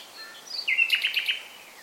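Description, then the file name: Common nightingale song phrase: a long flat whistled note with a quick series of loud, clicking, stuttered notes over it. "Luscinia megarhynchos"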